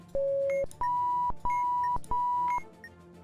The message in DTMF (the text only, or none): none